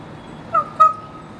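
Raven with two brief, ringing squawks in quick succession, the second slightly longer, against a quiet background hum.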